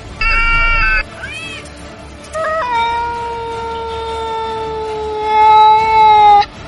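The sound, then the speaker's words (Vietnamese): A black cat crouching on a stone stele meows: a short, clear cry and a brief chirp, then a long, sustained, steady-pitched yowl that swells louder before cutting off. No one speaks. “Không biết con mèo đen kia từ đâu đến, ngồi xổm trên một tấm bia đá, mở to đôi mắt đỏ như máu âm u nhìn Triển Chiêu và Bạch Ngọc Đường.”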